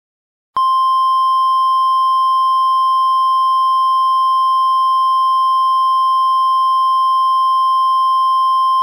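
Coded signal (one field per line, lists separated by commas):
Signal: Emergency Alert System (SAME) tones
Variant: 1050 Hz attention tone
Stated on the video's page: Fictional EAS scenario recreating the 1997 Jarrell, Texas tornado.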